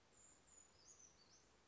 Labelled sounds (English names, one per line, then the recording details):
Brown Creeper
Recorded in Sonoma County, California